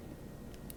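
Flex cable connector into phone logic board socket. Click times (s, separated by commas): 0.7 s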